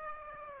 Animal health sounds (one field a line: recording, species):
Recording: mosquito wingbeat signal from an infrared sensor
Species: Aedes aegypti